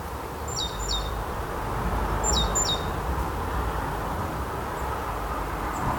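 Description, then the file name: Great tit calling: two quick bursts of paired high notes, each sliding down from a thin whistle, separated by about a second, over steady low rumbling background noise. "Parus major"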